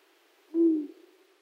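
Long-eared owl giving a single deep, soft hoot that falls slightly, with quiet background.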